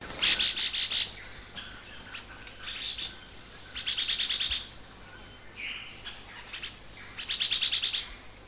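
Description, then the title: Chestnut-bellied euphonia giving repeated bursts of fast, rattling high notes, one brief whistled note between them, against a continuous high-pitched insect drone. "LuckyPassaro Completos2Sama. Chestnut-bellied Euphonia (Euphonia pectoralis)"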